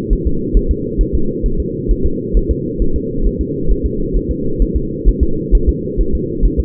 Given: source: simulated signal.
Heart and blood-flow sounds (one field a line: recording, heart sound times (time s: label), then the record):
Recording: fetal heart sounds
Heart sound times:
0.13 s: S1
0.27 s: S2
0.57 s: S1
0.71 s: S2
1.01 s: S1
1.15 s: S2
1.46 s: S1
1.60 s: S2
1.91 s: S1
2.06 s: S2
2.37 s: S1
2.51 s: S2
2.82 s: S1
2.96 s: S2
3.27 s: S1
3.41 s: S2
3.71 s: S1
3.86 s: S2
4.16 s: S1
4.31 s: S2
4.62 s: S1
4.76 s: S2
5.08 s: S1
5.23 s: S2
5.55 s: S1
5.69 s: S2
6.01 s: S1
6.15 s: S2
6.45 s: S1
6.60 s: S2
From the record:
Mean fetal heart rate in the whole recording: 135 bpm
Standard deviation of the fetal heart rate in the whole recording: 3 bpm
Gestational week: 36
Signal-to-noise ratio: -8.1 dB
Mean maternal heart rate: 72 bpm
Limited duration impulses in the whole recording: absent